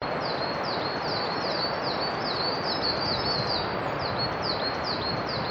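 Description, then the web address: Forest birds giving high, sharply down-slurred chirps in quick, irregular series throughout, over a constant broad rush of flowing water. Many forest birds in an Akita forest with a distant river. "Foundation 1 AMBIENCE AKITA FOREST BIRDS MANY DISTANT RIVER"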